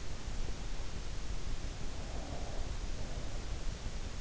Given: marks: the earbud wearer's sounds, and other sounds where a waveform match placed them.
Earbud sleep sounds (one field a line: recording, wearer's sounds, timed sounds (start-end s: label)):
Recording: sounds in sleep by an in-ear microphone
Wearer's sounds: breath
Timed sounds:
1.66-3.63 s: breath